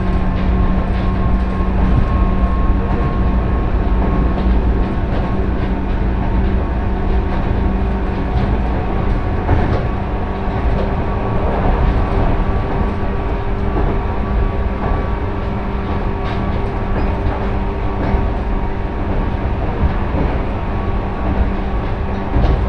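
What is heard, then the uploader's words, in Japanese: A train rides along the Fukuen Line, its rumble steady and dense from start to finish. A low droning hum runs underneath with a fainter, higher whine above it. Occasional brief clacks and knocks break through, notably near 10 and 16 seconds. 鉄道旅 福塩線 福山→道上。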